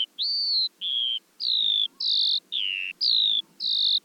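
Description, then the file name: Eurasian skylark phrase of clear, slightly falling whistled notes repeated about twice a second. "veldleeuwerik"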